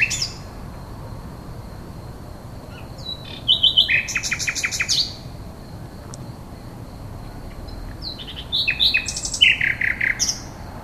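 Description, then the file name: Common nightingale delivering two song phrases of rapid loud repeated notes and trills, with a steady thin high tone carrying on between them. "rossignol"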